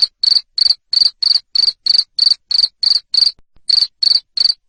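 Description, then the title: Loud cricket chirping: short trilled bursts repeated around three times a second, with one short pause near the end. Loud cricket chirping, used to stimulate lovebirds to sing continuously. "Suara JANGKRIK NGERIK Keras Bikin LOVEBIRD Jadi NGEKEK Terus Vubey"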